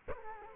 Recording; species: mosquito wingbeat signal from an infrared sensor; Culex quinquefasciatus